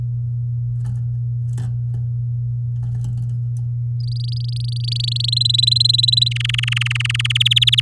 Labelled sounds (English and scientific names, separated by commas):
Domestic Canary (Serinus canaria) song